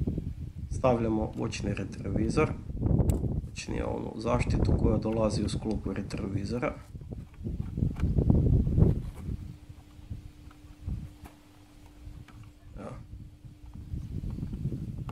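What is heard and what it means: Someone talks while handling the plastic protective trim piece that comes with the side mirror, by the side turn signal, on a Peugeot 308, preparing to press it into its groove on the mirror housing. Soft rustling and brief plastic contact sounds are heard, with a faint steady hum in the quieter second half. Nothing has seated or clicked yet.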